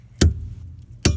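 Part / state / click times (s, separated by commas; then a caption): torque wrench on steering u-joint bolt / torque reached / 1.1 s. A torque wrench tightens the steering yoke (u-joint) pinch bolt toward a set torque of about 26 (units not stated). A sharp tick sounds at 0.2 s, then the wrench gives its distinct click at 1.1 s, confirming the bolt has reached the set torque.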